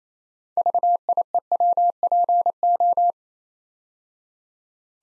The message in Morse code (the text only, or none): VIEWPO